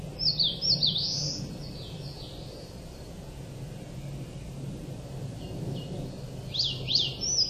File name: crowned warbler